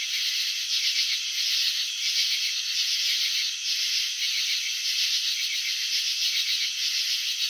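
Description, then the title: Cricket chirping, heard as an unbroken, grainy high rattle with soft waves of loudness. Cricket chirping, presented in a slow-motion video showing wing vibrations and antenna movements. "Crickets in Slow Motion 📷. Capturing the Elegance of Chirping"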